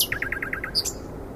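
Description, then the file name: Common nightingale: brief songbird phrase of six quick repeated notes followed by a high sharp whistle, over background hiss. "Luscinia megarhynchos"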